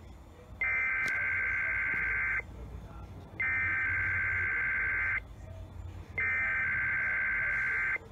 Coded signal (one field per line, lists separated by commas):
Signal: Emergency Alert System (SAME) tones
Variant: header bursts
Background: speech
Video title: Sunday Morning Weeklies (EAS #2900-2902)